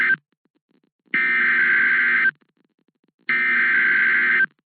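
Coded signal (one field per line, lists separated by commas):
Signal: Emergency Alert System (SAME) tones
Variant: header bursts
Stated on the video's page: Severe thunderstorm warning issued by the National Weather Service, aired on NOAA Weather Radio.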